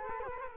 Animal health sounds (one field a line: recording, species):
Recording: mosquito wingbeat signal from an infrared sensor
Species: Culex quinquefasciatus